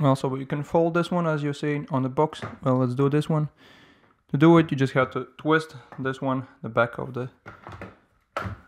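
Someone talks while twisting the hinged plastic handle of an AEG Professional HT 5684 hair dryer into its folded position against the body. A sharp click at 8.4 s marks the handle hinge locking into place without any button being pressed.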